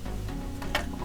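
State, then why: Seated. A plastic hydraulic clutch slave cylinder is pushed into its seat in the gearbox housing, over a steady low hum. A soft tap sounds at 0.6 s, then a sharp click at 0.8 s as the cylinder locks into place.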